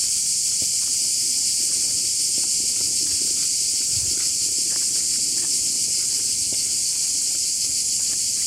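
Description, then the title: Cicadas droning together in a constant, unbroken, high-pitched rasping wash. Numerous cicadas calling from all directions at an artificial lake in Tirana, Albania; recorded standing in the centre of a dirt road. "Soundscape of Liqeni Artificial I Tiranes"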